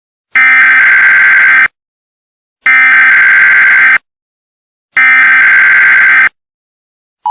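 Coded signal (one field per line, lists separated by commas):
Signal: Emergency Alert System (SAME) tones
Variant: header bursts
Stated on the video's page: Fictional EAS from a game or creepypasta setting.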